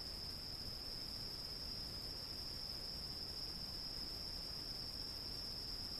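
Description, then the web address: Cricket's even, high-pitched trill holds without pause over a faint hiss, with no other sounds. "сверчки"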